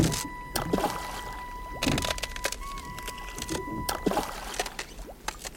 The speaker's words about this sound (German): Wir gingen hinunter zum See und schoben das Boot ins Wasser.